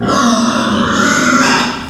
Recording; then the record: squeal of a Yucatan mini pig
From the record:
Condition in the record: after surgery on the right vocal fold (resection and tissue-engineered implant); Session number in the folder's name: 13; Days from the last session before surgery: 113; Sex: female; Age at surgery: 19 weeks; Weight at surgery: 25 kg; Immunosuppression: prednisolone